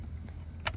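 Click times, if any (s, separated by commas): 0.7 s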